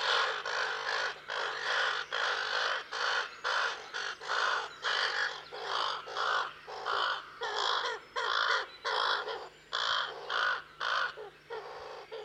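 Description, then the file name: Common raven calling: many harsh, throaty caws in steady succession throughout. "Common Raven (Corvus corax)"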